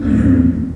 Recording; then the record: squeal of a Yucatan mini pig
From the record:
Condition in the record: after surgery on the right vocal fold (resection and tissue-engineered implant); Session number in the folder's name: 7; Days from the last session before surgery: 47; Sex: female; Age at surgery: 19 weeks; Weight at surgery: 25 kg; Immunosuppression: prednisolone